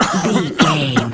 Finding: Voice male coughing.